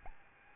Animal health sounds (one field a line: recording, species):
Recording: mosquito wingbeat signal from an infrared sensor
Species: Aedes albopictus